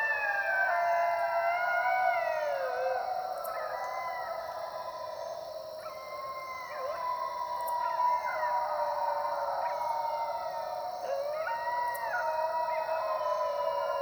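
Several dingoes howling at once, dense layered wailing with pitch jumps and short upward swoops, over an unbroken high insect hum.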